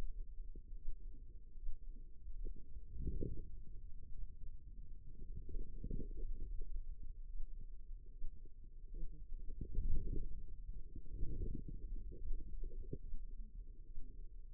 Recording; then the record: forearm muscle sounds (acoustic myography)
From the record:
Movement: wrist flexion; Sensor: system 2, bracelet of six BSWA MPA416 microphones around the upper forearm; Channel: 3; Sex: female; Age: 25 years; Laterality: right